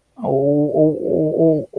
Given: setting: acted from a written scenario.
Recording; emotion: vocal sound without words; pain